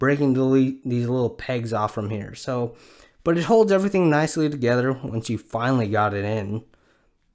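Someone talks while handling the small plastic pegs on the gear of a Daftoys Bane 1/6 scale figure, working them toward their mating holes. Only speech is heard, with no snaps or clicks, and nothing has seated yet.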